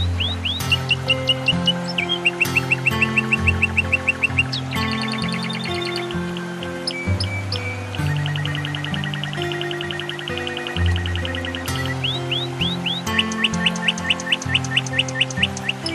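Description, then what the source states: Canary song with bursts of quick repeated rising notes and buzzy trills recurring every few seconds over continuous low steady tones. Canary song mixed with nature sounds.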